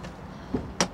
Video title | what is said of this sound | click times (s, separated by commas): Haval H-6 HEV Управление ОДНОЙ ПЕДАЛЬЮ!!! 243 л.с 530Нм (гибрид) | med ett klick | 0.8 s